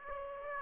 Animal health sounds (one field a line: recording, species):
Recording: mosquito wingbeat signal from an infrared sensor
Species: Aedes aegypti